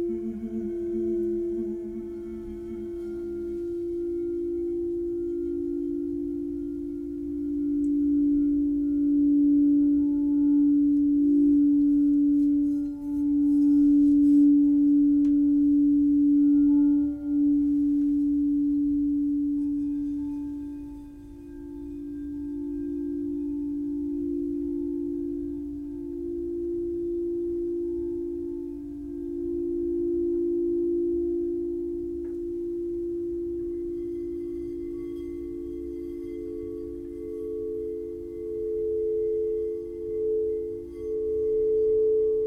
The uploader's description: Tibetan singing bowls and rain sticks